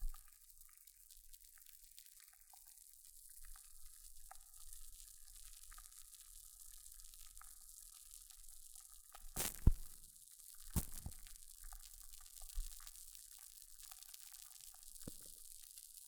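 Hair mousse fizzes with a steady, soft, high hiss and a dense fine crackle of tiny bubbles popping throughout. Louder bursts of hiss come around 9.5 and 11 seconds, with a smaller one near 15 seconds, over a faint low rumble.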